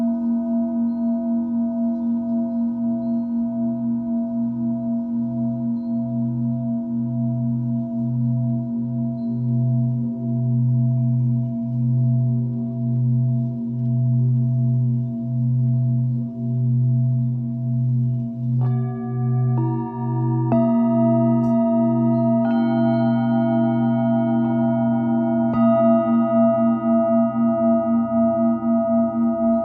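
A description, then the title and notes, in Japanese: Singing bowls for sound healing hum in a long, steady drone with a low, slow wavering pulse. From about 18 seconds, new bowls are struck every few seconds, adding brighter ringing tones that layer over the sustained hum and slightly raise the overall loudness. Singing Bowl のサウンドヒーリング LIVE。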